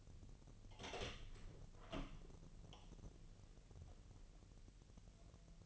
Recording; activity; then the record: daily activity, microphone in the room; open door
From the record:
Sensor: 4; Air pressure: 1002.2 hPa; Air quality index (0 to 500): 248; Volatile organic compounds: 41 ppm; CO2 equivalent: 3164 ppm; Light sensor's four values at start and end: 9/21/8/8 and 9/19/7/7